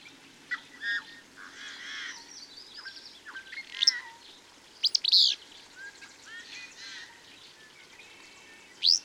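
Bird song of varied chirps and slurred whistles, with sharp loud calls near the middle and end.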